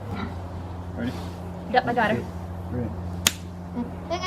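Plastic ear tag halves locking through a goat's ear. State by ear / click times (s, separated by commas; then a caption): seated / 3.3 s. A plastic livestock ear tag is pressed together through a goat's ear with an applicator while people talk and the goat bleats. A sharp snap at 3.3 seconds marks the two tag halves locking in place through the ear, and the placement is confirmed as good, right between the two veins.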